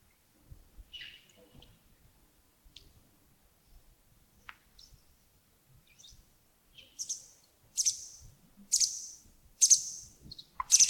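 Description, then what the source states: Bird chirps, faint scattered notes at first, then loud high chirps repeated about once a second toward the end. Wild birds recorded early in the morning at Yagongding (亚公顶) on 28 December 2025, around 07:40.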